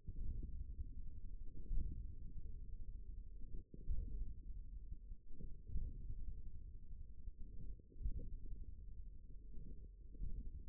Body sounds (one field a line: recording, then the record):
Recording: forearm muscle sounds (acoustic myography)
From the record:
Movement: hand closing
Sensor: system 1, eight BSWA MPA416 microphones around the upper forearm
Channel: 4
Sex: male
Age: 41 years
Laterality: right